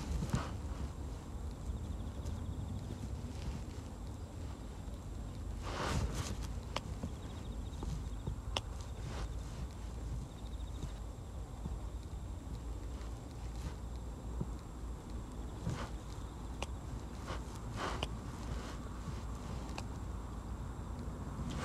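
Weeding a carrot bed at dusk: steady low rumble with scattered rustles and sharp snips, a cluster around six seconds and more near eighteen.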